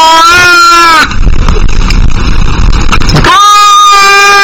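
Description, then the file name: Domestic cat giving two meows separated by a burst of harsh, distorted noise; the sound is overloaded and crackling. "Cat Meowing Ear Rape"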